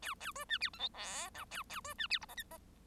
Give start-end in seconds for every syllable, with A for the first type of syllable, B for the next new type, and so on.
0.02-0.14 A, 0.20-0.32 A, 0.35-0.45 B, 0.49-0.58 C, 0.60-0.70 D, 0.73-0.79 E, 0.79-0.89 F, 0.93-1.30 G, 1.34-1.45 H, 1.51-1.63 A, 1.69-1.80 A, 1.84-1.94 B, 1.98-2.07 C, 2.10-2.19 D, 2.21-2.26 I, 2.28-2.35 J, 2.37-2.44 K, 2.50-2.58 J